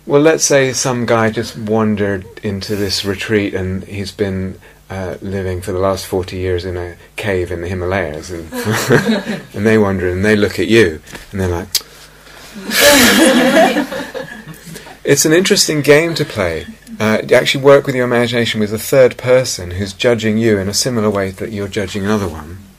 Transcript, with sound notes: Well, let's say some guy just wandered into this retreat, and he's been living for the last forty years in a cave in the Himalayas. And they wander in and they look at you. And they're like... [sighs loudly] [laughter] It's an interesting game to play, to actually work in your imagination with a third person who's judging you in a similar way that you're judging another one.